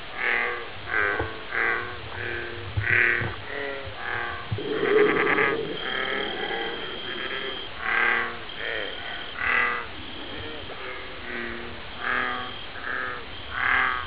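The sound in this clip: American bullfrog croaks, deep harmonic notes in a long series, with a faint constant high tone through much.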